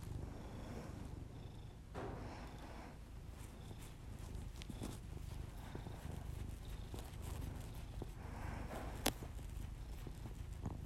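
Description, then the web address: Cat purring in a continuous low drone, overlaid by slow, heavy human breathing and a sharp click late on. Pet cat purring, recorded as ASMR together with the owner's heavy breathing. "Miss-Because Just Purrs [ASMR][Literally just my cat purring and my heavy breathing]"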